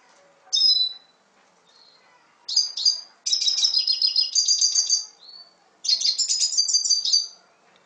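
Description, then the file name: Red siskin twittering song: a brief high note, a pair of chirps, then long rapid buzzy chattering phrases separated by a thin whistle. "Canto del Cardenalito"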